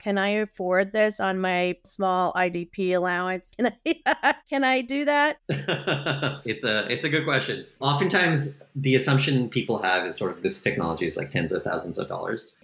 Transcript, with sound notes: Can I afford this on my small IDP allowance? (laughs) Can I do that?
(laughs) It’s a, it’s a good question. Oftentimes the assumption people have is sort of, this technology is like tens of thousands of dollars….